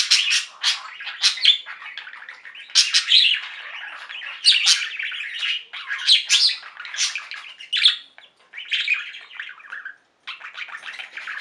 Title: Budgie Sounds